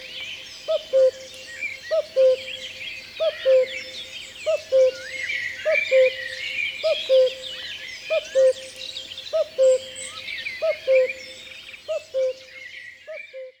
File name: Le coucou